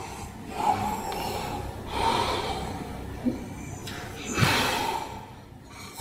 A clear case of sleep apnea.